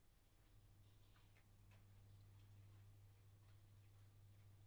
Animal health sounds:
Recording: poultry house recording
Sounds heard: sick chickens (respiratory disease)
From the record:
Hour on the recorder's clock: 10

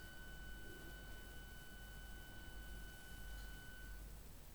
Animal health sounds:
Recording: poultry house recording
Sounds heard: no chicken sound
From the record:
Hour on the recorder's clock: 10

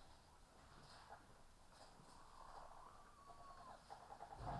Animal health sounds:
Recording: poultry house recording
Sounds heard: healthy chickens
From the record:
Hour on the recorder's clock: 13

